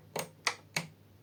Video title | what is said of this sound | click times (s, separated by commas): How To Expand Your PS5 Storage with a budget 2TB M.2 SSD Fikwot Jupiter Review and Speed Test | and you literally hear it click into place | 0.5 s, 0.8 s